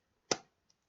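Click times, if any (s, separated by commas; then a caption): 0.3 s. After an earlier attempt failed to latch, a plastic ink pad lid is pressed closed onto its plastic case, this time fully, so air can't get in and dry out the pad. A sharp, bright click rings out at 0.3 s and decays quickly, followed by a faint small tick at 0.7 s. The lid is seated and shut.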